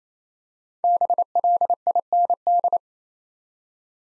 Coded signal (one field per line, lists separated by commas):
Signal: Morse code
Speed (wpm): 27 wpm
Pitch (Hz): 700 Hz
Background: none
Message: BLIND